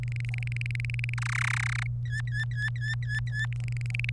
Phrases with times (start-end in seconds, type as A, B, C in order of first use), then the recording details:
0.03-1.14 A, 1.18-1.87 B, 2.05-3.46 C, 3.52-4.09 A. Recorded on 27 April 2018 at 14:16. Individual llb3